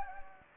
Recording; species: mosquito wingbeat signal from an infrared sensor; Anopheles gambiae